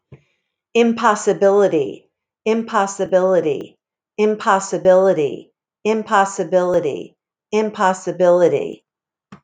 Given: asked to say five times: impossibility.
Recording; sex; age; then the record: repeated word; female; 50 to 59 years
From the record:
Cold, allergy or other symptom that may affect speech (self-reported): no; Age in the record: 55 years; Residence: Delaware, United States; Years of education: 16